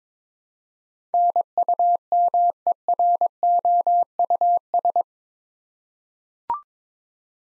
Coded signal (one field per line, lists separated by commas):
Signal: Morse code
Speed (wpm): 22 wpm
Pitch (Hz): 700 Hz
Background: none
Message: NUMEROUS